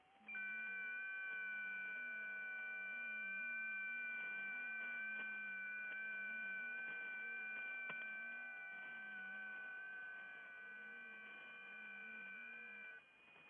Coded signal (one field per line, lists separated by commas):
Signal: FT8